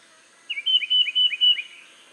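Tufted titmouse with a brief run of five clear whistled phrases, each high note falling to a lower one, steady hiss in the background.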